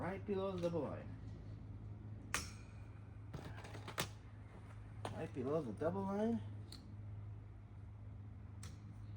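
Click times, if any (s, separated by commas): none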